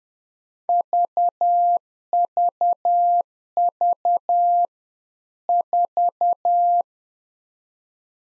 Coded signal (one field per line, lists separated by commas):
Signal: Morse code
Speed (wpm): 10 wpm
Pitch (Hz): 700 Hz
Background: none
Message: VVV 4